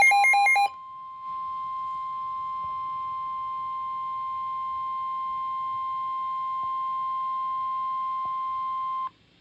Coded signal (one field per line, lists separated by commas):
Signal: Emergency Alert System (SAME) tones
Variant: 1050 Hz attention tone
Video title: EAS #5-6: Two Severe Thunderstorm Warnings on KHA53